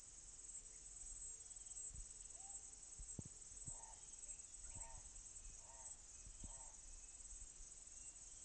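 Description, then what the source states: Cicada giving a steady, high-pitched continuous buzz throughout, with short repeated notes about every second in the second half. Recorded in Kaning'ina Forest; genus Platypleura, species unidentified.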